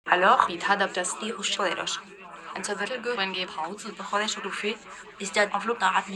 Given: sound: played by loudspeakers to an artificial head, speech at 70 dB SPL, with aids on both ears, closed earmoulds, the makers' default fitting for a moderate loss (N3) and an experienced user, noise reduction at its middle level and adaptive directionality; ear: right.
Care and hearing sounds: speech test signal (ISTS) in cocktail-party noise; +6 dB; on the right (90 degrees)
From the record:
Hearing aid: class 2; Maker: E

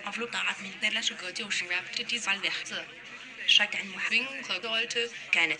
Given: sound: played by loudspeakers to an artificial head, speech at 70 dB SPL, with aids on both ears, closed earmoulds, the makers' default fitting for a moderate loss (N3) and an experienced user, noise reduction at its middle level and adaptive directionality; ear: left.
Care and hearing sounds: speech test signal (ISTS) in cocktail-party noise; +9 dB; in front (0 degrees)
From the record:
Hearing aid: class 2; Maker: G

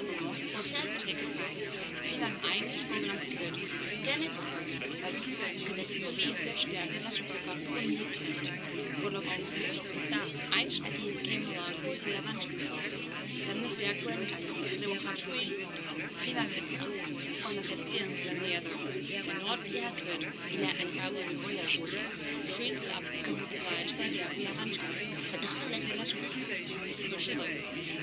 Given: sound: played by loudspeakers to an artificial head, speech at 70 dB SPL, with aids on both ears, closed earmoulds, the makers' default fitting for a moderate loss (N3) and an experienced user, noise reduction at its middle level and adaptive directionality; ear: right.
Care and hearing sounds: speech test signal (ISTS) in cocktail-party noise; -6 dB; in front (0 degrees)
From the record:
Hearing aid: class 1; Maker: D

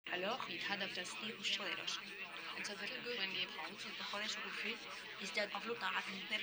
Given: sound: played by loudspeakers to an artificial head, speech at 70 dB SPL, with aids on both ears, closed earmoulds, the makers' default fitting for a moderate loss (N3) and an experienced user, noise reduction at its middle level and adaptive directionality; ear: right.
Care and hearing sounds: speech test signal (ISTS) in cocktail-party noise; 0 dB; on the right (90 degrees)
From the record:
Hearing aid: class 2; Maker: F

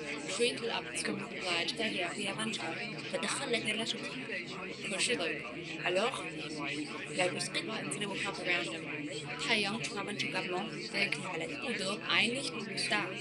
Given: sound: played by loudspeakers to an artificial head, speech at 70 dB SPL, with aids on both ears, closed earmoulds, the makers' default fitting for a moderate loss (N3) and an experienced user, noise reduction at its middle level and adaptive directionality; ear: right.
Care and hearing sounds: speech test signal (ISTS) in cocktail-party noise; -3 dB; in front (0 degrees)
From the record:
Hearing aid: class 2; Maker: C

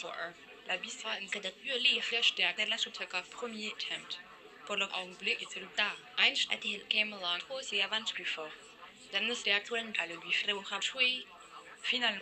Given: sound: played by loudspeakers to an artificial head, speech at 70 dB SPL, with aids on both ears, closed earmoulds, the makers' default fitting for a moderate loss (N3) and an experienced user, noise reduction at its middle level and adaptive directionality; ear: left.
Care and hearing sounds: speech test signal (ISTS) in cocktail-party noise; 0 dB; in front (0 degrees)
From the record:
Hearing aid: class 1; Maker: I

